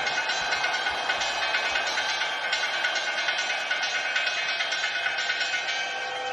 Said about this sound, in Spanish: Últimos segundos, preparados, porque lo primero que escucharán será la bajada de la bola con el carrillón. ¡Atentos! Ahí está, el Carrillón.